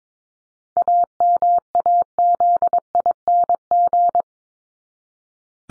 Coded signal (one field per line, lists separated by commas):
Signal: Morse code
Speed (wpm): 22 wpm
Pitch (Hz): 700 Hz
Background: none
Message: AMAZING